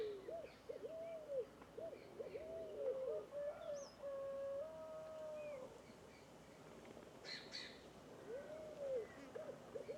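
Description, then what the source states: Scaled dove cooing: soft, low, arching notes in short phrases near the start, midway and at the end, with thin higher whistles and chirps from other birds in between. Several fogo-apagou (scaled doves) calling together in a bamboo grove.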